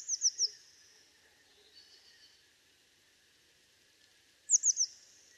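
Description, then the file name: Eurasian blue tit calls: a short series of three very high thin notes with a fading tail, heard twice about four seconds apart over a faint steady background. "Cyanistes caeruleus"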